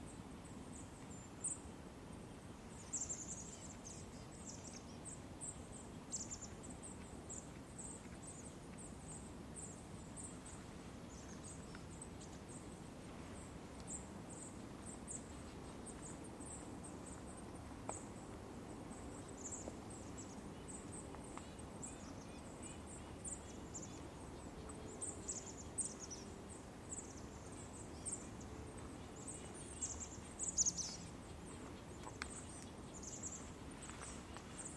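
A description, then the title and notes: A winter park outdoors, with a low, steady rumble of noise underneath. High, thin bird calls chirp and twitter throughout, clustering around three, six and thirty seconds. A faint crackle rises briefly near the half-minute mark. Forest Park in Winter.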